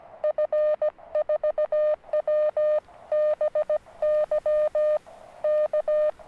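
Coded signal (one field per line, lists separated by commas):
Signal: Morse code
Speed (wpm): 17 wpm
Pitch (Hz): 610 Hz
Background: none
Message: F4WBY K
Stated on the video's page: QRP Morse contacts on 40m and 30m using a Weber MTR and QRP-Guys tri-band antenna.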